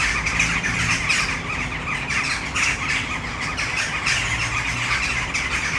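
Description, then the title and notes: Western jackdaws calling as a flock, a dense constant chatter of sharp, squawky 'chak' calls overlapping throughout, with a low hum of traffic underneath. Flock filling a tree in Brno city center, Czech Republic, urban setting, recorded at sunset. "Malinovského nám. 571/1, 602 00 Brno-střed-Brno-město, Česko - Western jackdaws at sunset. A tree full of jackdaws in the city center of Brno"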